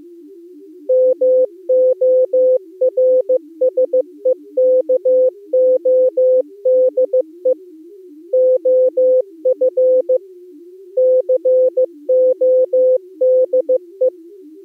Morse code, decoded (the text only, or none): MORSEKODE OF CODE